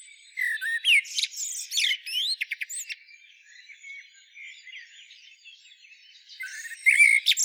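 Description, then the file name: Common blackbird singing varied phrases: low whistled notes and rising slurs mixed with high squeaky twitters, a pause, then a loud burst of squeaky notes near the end. "Turdus merula"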